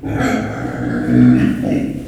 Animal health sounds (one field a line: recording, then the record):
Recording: squeal of a Yucatan mini pig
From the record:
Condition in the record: after surgery on the right vocal fold (resection and tissue-engineered implant)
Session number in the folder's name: 3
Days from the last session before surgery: 21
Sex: female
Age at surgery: 19 weeks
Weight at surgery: 25 kg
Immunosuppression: prednisolone